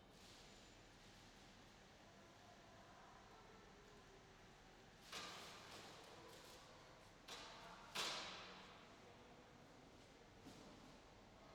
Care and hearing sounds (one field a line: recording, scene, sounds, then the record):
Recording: everyday scene through a hearing-aid microphone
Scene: reverberant space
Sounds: background noise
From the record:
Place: railway station hall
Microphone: in the ear canal, left